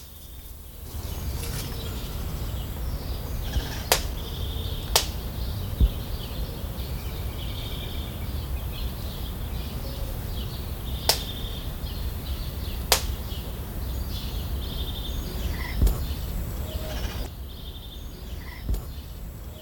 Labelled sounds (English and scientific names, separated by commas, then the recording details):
Spot-bellied Eagle-Owl (Bubo nipalensis)
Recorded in captivity
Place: Zoo Berlin, Berlin, DE
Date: 1995-07-22 19:57
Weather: heiter, 20-22°C
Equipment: Sony WM-D6C, Sennheiser ME 80, Kopie Uher 4000 Report Monitor
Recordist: Tembrock, Günter